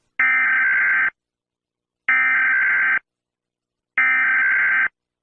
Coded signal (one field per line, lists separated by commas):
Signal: Emergency Alert System (SAME) tones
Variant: header bursts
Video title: Little Immy EAS Bimmy Rampage